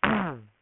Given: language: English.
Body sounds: throat vibration sensor signal played as sound; throat clearing

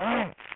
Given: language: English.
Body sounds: throat vibration sensor signal played as sound; throat clearing

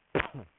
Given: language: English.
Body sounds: throat vibration sensor signal played as sound; cough

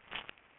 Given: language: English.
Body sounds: throat vibration sensor signal played as sound; swallow

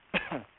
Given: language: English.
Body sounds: throat vibration sensor signal played as sound; cough

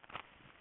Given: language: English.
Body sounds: throat vibration sensor signal played as sound; swallow

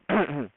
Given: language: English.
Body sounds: throat vibration sensor signal played as sound; throat clearing

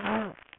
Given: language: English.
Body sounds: throat vibration sensor signal played as sound; throat clearing

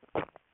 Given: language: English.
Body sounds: throat vibration sensor signal played as sound; swallow

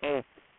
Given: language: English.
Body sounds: throat vibration sensor signal played as sound; speech

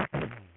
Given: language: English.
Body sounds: throat vibration sensor signal played as sound; throat clearing

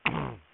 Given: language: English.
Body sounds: throat vibration sensor signal played as sound; throat clearing

